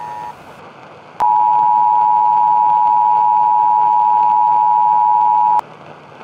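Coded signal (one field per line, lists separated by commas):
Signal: Emergency Alert System (SAME) tones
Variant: 853 and 960 Hz attention tone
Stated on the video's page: Fictional robot-invasion EAS alarm, not a real alert.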